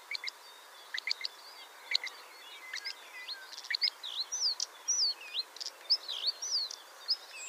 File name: Averla Maggiore